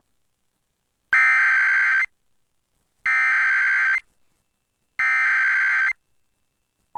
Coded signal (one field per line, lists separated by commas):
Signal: Emergency Alert System (SAME) tones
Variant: header bursts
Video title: EAS Local Area Emergency Northwestern Arizona (Mojave County)